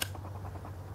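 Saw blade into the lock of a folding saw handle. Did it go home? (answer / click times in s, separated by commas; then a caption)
yes / 0.0 s. A folding saw blade is opened and locks into place in the handle with a sharp click at 0.0 s, confirming the blade is seated. A steady low hum and a few faint, soft taps follow for the rest of the second.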